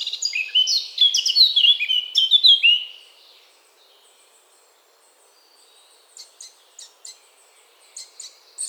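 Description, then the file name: Eurasian blackcap song, a loud warbled phrase of quick varied notes, then quiet with a few faint high ticks. "Sylvia atricapilla"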